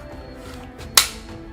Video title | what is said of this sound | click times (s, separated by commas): P365 X Macro Tacops - FFGEDC EP4 | It snaps right in, so it's in. | 1.0 s